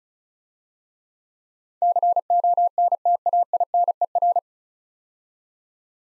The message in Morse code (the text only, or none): CONTAINER